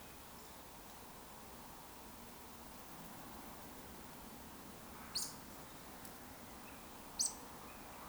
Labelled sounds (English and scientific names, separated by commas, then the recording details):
Eurasian Woodcock (Scolopax rusticola) whistle
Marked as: whistle, whistle, whistle
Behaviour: display flight
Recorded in Baden-Württemberg, Germany, on 18 June 2021 at 19:32 UTC
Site 49334, 1074 m above sea level